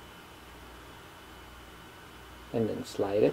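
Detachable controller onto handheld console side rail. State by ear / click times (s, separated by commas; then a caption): not seated / none. A detachable controller is placed on the side rail of a Nintendo Switch handheld console and lined up before being slid down. A low, steady background hiss fills the first 2.5 seconds, then someone talks until the end. Nothing has seated or clicked yet.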